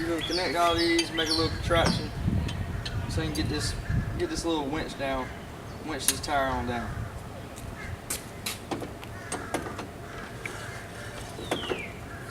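Someone talks while assembled jack extension rods are handled and fed into the spare tire winch access hole to lower the spare tire, with a few brief sharp handling knocks toward the end. The rod is not yet home: nothing has seated or clicked into the winch socket yet.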